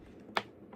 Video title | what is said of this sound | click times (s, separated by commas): Legends Elite John Cena My First Time Ever Unboxing and review | When you hear the clicking sound, you know you're doing his own, right? | 0.4 s